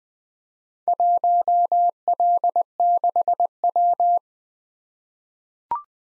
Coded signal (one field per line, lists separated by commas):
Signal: Morse code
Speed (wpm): 20 wpm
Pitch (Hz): 700 Hz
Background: none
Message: 1L6W